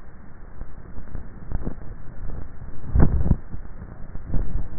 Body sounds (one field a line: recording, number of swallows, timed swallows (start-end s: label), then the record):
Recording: swallowing sounds by neck microphone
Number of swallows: 1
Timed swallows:
1.65-2.55 s: swallow
From the record:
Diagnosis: dysphagia